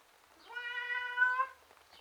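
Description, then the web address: Domestic cat giving one long, drawn-out wailing meow, steady in pitch. Tom cat, outside, sounding miserable. "BBC Sound Effects Library. Miserable Tom Cat"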